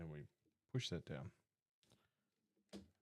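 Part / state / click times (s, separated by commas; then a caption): Lego Technic part into the model car assembly / seated / 2.7 s. A plastic Lego Technic part for the Ferrari SF-24 (set 42207) model car is pushed down into the car assembly while someone talks. A single sharp click at 2.7 seconds marks the part locking into place.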